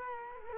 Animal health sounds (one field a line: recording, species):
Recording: mosquito wingbeat signal from an infrared sensor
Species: Culex quinquefasciatus